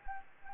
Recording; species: mosquito wingbeat signal from an infrared sensor; Anopheles arabiensis